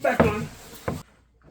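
Someone talks while the front splitter is handled and pushed back toward its quick-release mount under the car, followed by quiet handling noises near the end. Nothing has seated or clicked yet.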